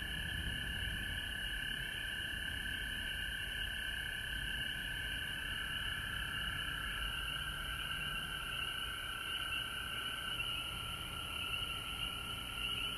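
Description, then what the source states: Chorusing frogs produce a sustained high, ringing trill in several bands; the lower band shifts slightly in pitch near the end. Recorded at home in Georgia on March 19, 2020.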